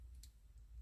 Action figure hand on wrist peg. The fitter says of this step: pull them out don't little pop you see here the little phallic shaped fist part